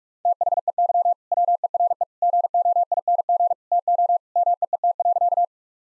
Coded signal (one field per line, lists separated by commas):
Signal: Morse code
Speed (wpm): 46 wpm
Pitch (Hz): 700 Hz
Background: none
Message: THEY WERE GOING TO MEET.